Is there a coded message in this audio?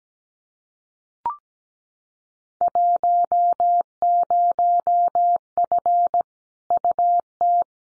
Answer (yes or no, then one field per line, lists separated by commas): yes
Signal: Morse code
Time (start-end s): 2.6-7.6 s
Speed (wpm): 17 wpm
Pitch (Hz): 700 Hz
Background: none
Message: 10F UT